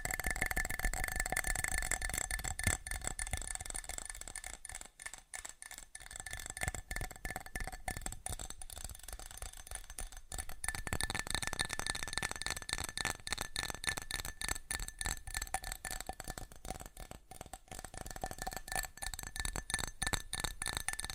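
Fast ASMR tapping, a dense, rapid stream of light clicks and taps with a glassy, clinking edge that runs for the whole stretch. The pace stays quick and fairly even, with brief thinner patches near 5, 10 and 17 seconds, over a faint steady hiss.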